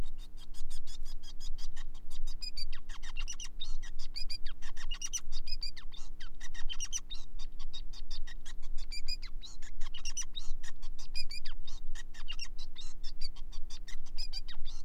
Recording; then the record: song of a male Bengalese finch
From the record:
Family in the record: son of father 5